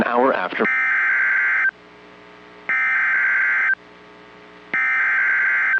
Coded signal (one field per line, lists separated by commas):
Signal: Emergency Alert System (SAME) tones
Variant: header bursts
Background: speech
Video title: EAS Alerts from 3/4/2025 (Severe Thunderstorms, Tornadoes and a High Wind Warning!)